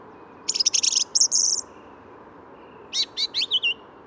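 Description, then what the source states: Song Thrush song: a rapid burst of sharp repeated notes, then a buzzy phrase, a pause, and a second phrase of four quick clear notes, over a low steady hum of traffic. Perched about twenty metres up in an apparent ash, bill opening with each note, wood's edge near road; Bois de Vincennes, 14 February 2019, 8–10:30 am, sunny; Nagra Seven, Telinga parabola.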